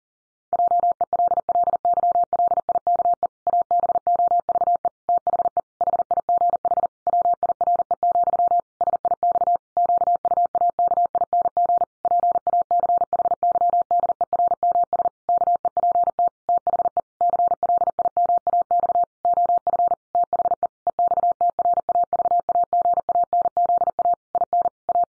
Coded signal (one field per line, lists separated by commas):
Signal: Morse code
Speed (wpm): 40 wpm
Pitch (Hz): 700 Hz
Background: none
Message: JELLYLIKE ABOVE THE HIGH WIRE, SIX QUAKING PACHYDERMS KEPT THE CLIMAX OF THE EXTRAVAGANZA IN A